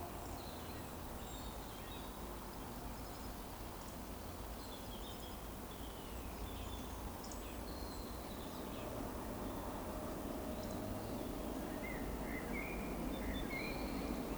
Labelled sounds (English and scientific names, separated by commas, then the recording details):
Eurasian Woodcock (Scolopax rusticola) whistle
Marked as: whistle, whistle, whistle, whistle, whistle
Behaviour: display flight
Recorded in Baden-Württemberg, Germany, on 23 June 2020 at 20:10 UTC
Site 14569, 102 m above sea level